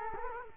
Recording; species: mosquito wingbeat signal from an infrared sensor; Culex quinquefasciatus